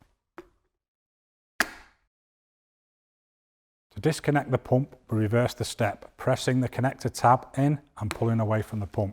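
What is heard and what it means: The umbilical air hose connector of a Mercury Advance SMARTcare air mattress is pressed firmly onto the mattress pressure pump, quick-release side facing out, with a faint tick at 0.4 s. It latches with a sharp, loud click at 1.6 s in the quiet, and the connector is seated. After a pause, someone talks from about 4 s onward.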